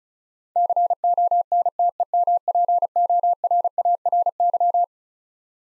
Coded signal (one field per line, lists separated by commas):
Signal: Morse code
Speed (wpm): 36 wpm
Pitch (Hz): 700 Hz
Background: none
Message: CONTEMPORARY